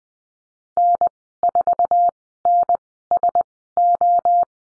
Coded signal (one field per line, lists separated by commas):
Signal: Morse code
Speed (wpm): 20 wpm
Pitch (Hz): 700 Hz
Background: none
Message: N4NSO